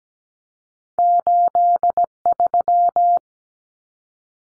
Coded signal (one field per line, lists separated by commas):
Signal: Morse code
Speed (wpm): 17 wpm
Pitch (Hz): 700 Hz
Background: none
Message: 83